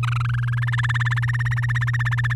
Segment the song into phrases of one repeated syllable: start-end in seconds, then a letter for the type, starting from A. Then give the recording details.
0.03-0.60 A, 0.62-2.33 B. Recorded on 10 May 2018 at 05:33. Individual llb16